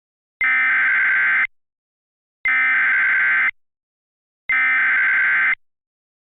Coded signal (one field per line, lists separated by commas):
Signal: Emergency Alert System (SAME) tones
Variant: header bursts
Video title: EAS Mock: Flash Flooding in North Dakota